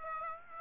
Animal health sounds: mosquito wingbeat signal from an infrared sensor; Aedes aegypti

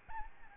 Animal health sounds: mosquito wingbeat signal from an infrared sensor; Aedes albopictus

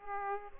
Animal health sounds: mosquito wingbeat signal from an infrared sensor; Aedes aegypti

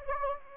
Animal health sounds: mosquito wingbeat signal from an infrared sensor; Anopheles gambiae

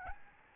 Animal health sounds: mosquito wingbeat signal from an infrared sensor; Aedes albopictus

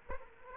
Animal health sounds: mosquito wingbeat signal from an infrared sensor; Aedes aegypti

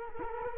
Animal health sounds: mosquito wingbeat signal from an infrared sensor; Culex quinquefasciatus

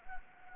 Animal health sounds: mosquito wingbeat signal from an infrared sensor; Anopheles gambiae

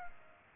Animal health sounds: mosquito wingbeat signal from an infrared sensor; Culex pipiens

